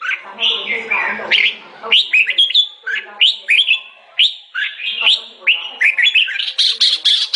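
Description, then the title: Sooty-headed bulbul singing a rapid string of fluty, slurred notes that sweep up and down, loud and continuous, with a brief rougher burst near the start. "Suara Burung Kutilang"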